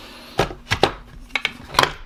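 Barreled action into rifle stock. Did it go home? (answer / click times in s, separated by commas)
yes / 1.4 s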